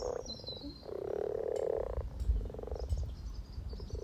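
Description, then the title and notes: Frogs giving rapid purring croaks in short bursts, one long rattling croak in the middle, with low rumbling noise and faint birdsong. Chorus of about 20 frogs in sunny garden pond among fresh frogspawn, welcoming arriving females; Freshfield, Formby, Merseyside, UK; sunny St Patrick's Day, 17 March 2023, spring, lunchtime. "Relaxation Frog Chorus Capturing Voices 2023 Spring first lunch outside. Frog chorus captured on 17th March 2023, Freshfield Formby Merseyside, UK Our first lunch outside on sunny St Patrick’s day 17 March 2023"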